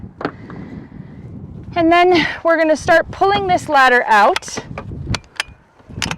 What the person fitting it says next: a few clicks locked into place